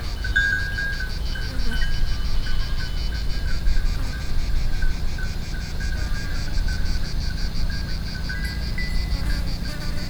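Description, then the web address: Cicada chorus, a continuous rapidly pulsing high buzz with a fainter steady insect whine below, and a low rumble throughout. Cicadas and other insects recorded on Thassos, Greece, in 2016, in a Greek landscape on a goat path. "thassos 2016 szallasukratartokecskek kabocaesrovarok"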